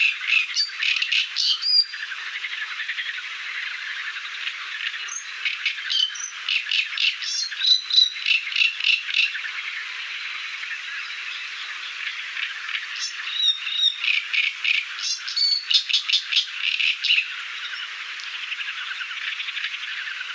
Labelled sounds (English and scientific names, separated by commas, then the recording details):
Great Reed Warbler (Acrocephalus arundinaceus) song
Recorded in the wild
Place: Damtschik/Wolgadelta, RU
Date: 1995-05-14
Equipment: Dat-Recorder Casio DA 7, Telinga DAT, Telinga-Parabolspiegel
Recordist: Schwarz, Dieter
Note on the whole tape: Song